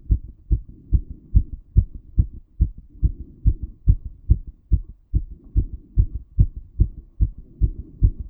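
Fast, steady low thumps at about 140 beats a minute, with a soft low hum between beats: a racing adult heartbeat, or tachycardia, the heart beating well above a normal resting rate.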